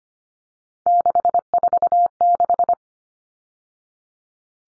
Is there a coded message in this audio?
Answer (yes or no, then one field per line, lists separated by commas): yes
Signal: Morse code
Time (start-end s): 0.9-2.7 s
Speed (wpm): 25 wpm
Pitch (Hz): 700 Hz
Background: none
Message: 646